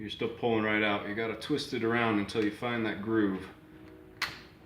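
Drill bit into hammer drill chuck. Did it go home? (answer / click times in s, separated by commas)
yes / 4.2 s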